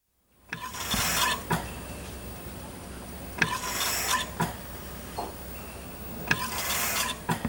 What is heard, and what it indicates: Hospital ICU. Ventilator recorded at machine end.